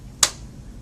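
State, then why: Seated. One plastic-fitted end of the seat wire tube on a Graco Lovin' Hug Infant Swing is pushed into its socket on the swing seat. A single sharp, bright click is heard at 0.2 s against a quiet background, and that side is seated in place.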